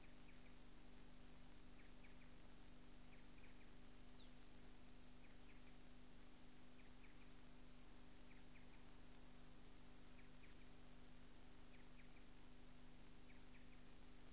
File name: Striated Pardalote